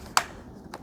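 A plastic battery pack is pushed back into its slot on an Eureka Elivate cordless stick vacuum body after it had dropped out because it was not clicked in. A sharp click at 0.2 s shows it seated, followed by two faint ticks near 0.7 s and 0.9 s.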